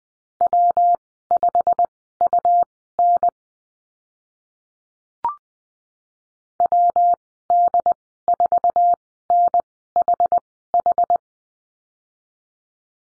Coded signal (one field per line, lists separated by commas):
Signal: Morse code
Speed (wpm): 19 wpm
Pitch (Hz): 700 Hz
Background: none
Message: W5UN WD4NHH